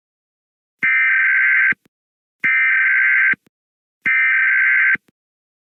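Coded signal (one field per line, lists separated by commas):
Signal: Emergency Alert System (SAME) tones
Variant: header bursts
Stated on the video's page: Simulated EAS scenario of an overdue solar strike.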